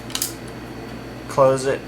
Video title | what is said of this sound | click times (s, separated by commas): RIP : Kaypro 2000 : Pt 1 | Just put the disc in and it snaps in place. | 0.2 s